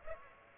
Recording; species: mosquito wingbeat signal from an infrared sensor; Aedes aegypti